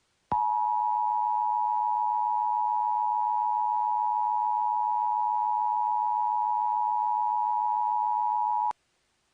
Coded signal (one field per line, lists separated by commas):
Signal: Emergency Alert System (SAME) tones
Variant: 853 and 960 Hz attention tone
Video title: EAS Halloween Special 2023: Shoop Da Whoop Vomit Dracula Alert (EAS Comedy)